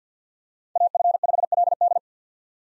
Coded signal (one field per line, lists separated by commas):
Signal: Morse code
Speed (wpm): 50 wpm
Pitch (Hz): 700 Hz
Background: none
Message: AF5LD